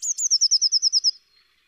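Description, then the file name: Eurasian blue tit trill: around ten quick, high, downslurred notes delivered evenly in just over a second, ending abruptly. "Cyanistes caeruleus"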